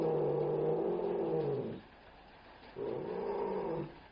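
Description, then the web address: Pallas's cat meow: two low, hoarse, drawn-out calls, the first about two seconds long and falling, with a steady background hiss. "sergey. Manul Meow raw sound"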